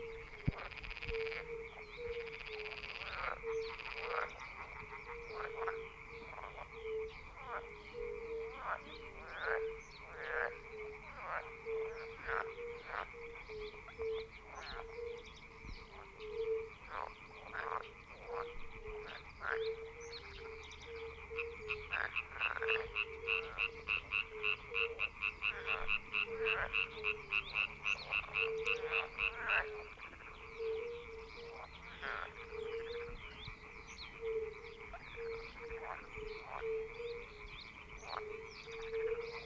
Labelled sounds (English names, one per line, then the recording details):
Fire-Bellied Toad call
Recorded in the wild
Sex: male
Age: adult
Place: Brodowin, Brandenburg, DE
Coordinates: 52.9106, 13.9614
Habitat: pond
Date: 1966-05-01 19:45
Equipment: R 20/2
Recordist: Schubert, Michael